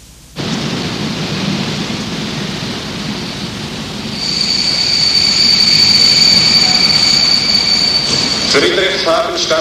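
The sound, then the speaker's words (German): A train rumbles into Friedrichshafen Stadtbahnhof, where it terminates, with a heavy, steady roar, then its brakes set up a loud, sustained high-pitched squeal of wheels that holds for several seconds before breaking off near the end. “Friedrichshafen Stadtbahnhof, bitte alles aussteigen, der Zug endet hier.”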